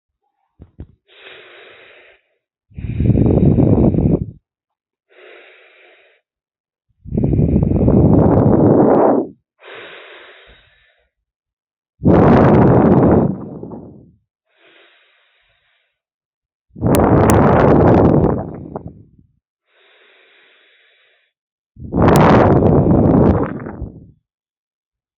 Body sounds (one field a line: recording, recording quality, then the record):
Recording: deep breathing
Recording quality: excellent, no background noise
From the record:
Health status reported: healthy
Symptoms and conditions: none ticked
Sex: female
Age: 25 years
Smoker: not ticked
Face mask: not worn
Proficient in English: yes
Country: India